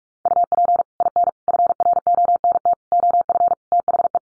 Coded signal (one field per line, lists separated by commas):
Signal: Morse code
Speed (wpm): 44 wpm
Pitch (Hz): 700 Hz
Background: none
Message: UP IN FRONT OF THE